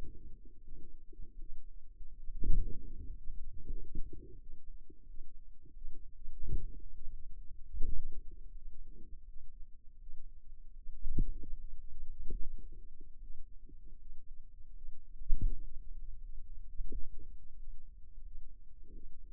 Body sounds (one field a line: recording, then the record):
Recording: forearm muscle sounds (acoustic myography)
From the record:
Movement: pen grasping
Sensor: system 2, bracelet of six BSWA MPA416 microphones around the upper forearm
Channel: 3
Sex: female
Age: 23 years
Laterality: right